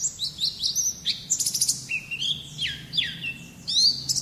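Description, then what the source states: White-eye song: a fast, high twittering run of thin slurred and buzzy notes, with bright rising and falling phrases. Song in the ngalas singing style.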